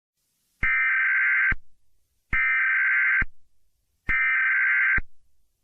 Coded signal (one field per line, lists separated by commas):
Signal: Emergency Alert System (SAME) tones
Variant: header bursts